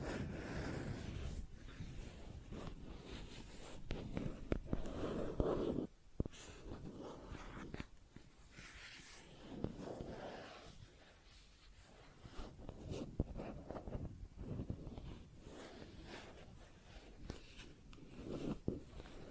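Plastic objects tap and scratch in a busy, uneven stream of clicks and rasping scrapes, with sharp knocks scattered throughout. Brief zipping strokes come in bursts, and the texture stays dense but irregular, with a short lull around six seconds.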